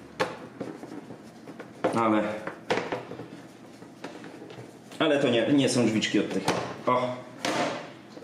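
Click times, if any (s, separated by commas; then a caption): 7.5 s. A plastic cover panel is pushed into the housing of a Saeco xSmall coffee machine, with knocks and plastic clatter while someone talks. At 7.5 s the panel snaps in with a hit at the bottom, but it has not seated at the top, so the fit is only partial.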